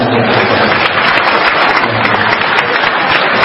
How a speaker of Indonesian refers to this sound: Tepuk tangan yang seikhlas-ikhlasnya.